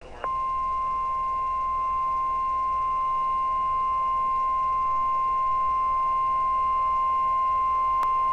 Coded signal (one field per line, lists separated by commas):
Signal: Emergency Alert System (SAME) tones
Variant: 1050 Hz attention tone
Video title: Severe Thunderstorm Warning Real EAS #15